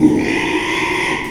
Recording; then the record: squeal of a Yucatan mini pig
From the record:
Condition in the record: after surgery on the right vocal fold (resection and tissue-engineered implant); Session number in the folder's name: 1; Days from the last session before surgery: 6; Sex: male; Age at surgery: 12 weeks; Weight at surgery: 13 kg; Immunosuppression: cyclosporine, prednisolone